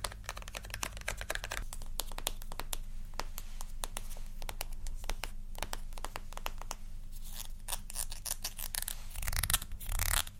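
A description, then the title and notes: Crisp tapping and scratching on makeup items, with dense rapid clicks over a low hum and a louder rustling burst near the end. ASMR Makeup Triggers.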